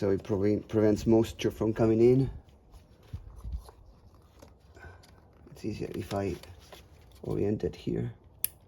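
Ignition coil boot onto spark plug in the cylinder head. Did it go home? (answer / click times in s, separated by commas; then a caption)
yes / 8.4 s. A 10th-generation Honda Civic (2016–2021) ignition coil, its rubber boot greased with dielectric grease to keep moisture out, is oriented and pushed down onto the spark plug in the cylinder head. Someone talks, with faint handling sounds in between, then a single sharp, loud click at 8.4 s shows the coil boot has seated on the plug. The retaining screw then goes back in.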